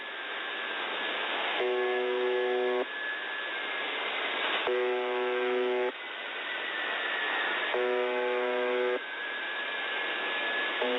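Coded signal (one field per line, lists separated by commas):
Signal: channel marker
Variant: UVB-76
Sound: rough low buzzes about 1.2 s long, repeating every three seconds, faint wavering tone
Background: radio static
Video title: Weird Sounds on The Buzzer, XM Whales Oddity, 4.625 USB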